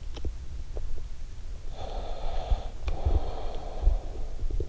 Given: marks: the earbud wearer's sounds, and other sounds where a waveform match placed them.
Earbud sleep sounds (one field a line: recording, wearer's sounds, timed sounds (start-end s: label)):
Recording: sounds in sleep by an in-ear microphone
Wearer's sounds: body movement, breath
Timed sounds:
0.00-1.03 s: body movement
1.65-4.48 s: breath